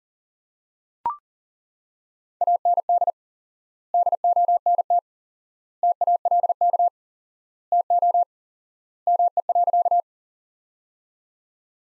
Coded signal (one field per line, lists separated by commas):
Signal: Morse code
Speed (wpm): 39 wpm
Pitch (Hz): 700 Hz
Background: none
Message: AND DONT TALK TO ME.